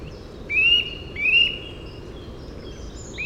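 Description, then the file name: Eurasian nuthatch calls: two loud rising whistled notes less than a second apart. "Sitta europaea"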